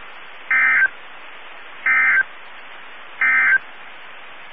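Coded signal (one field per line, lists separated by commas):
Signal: Emergency Alert System (SAME) tones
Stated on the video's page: Alerts received from NOAA Weather Radio transmitters in Amarillo, Texas and Miami, Florida.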